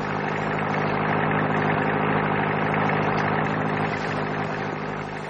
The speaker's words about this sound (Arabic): سمع صوت عربية جاي من بعيد.